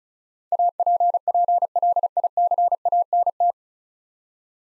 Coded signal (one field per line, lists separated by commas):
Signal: Morse code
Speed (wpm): 36 wpm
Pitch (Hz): 700 Hz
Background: none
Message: APPLICANT